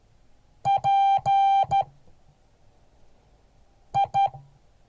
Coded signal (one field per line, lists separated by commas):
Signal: Morse code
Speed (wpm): 13 wpm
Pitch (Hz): 790 Hz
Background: none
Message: P I